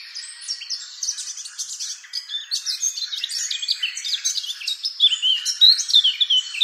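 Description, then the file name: Eurasian blackcap song, a fast jumble of twittering and scratchy notes that builds to louder, clearer fluty whistles near the end. "Sylvia atricapilla"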